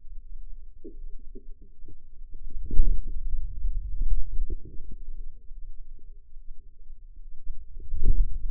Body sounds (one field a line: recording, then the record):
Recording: forearm muscle sounds (acoustic myography)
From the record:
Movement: hand closing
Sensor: system 2, bracelet of six BSWA MPA416 microphones around the upper forearm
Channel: 5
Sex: female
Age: 25 years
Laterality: right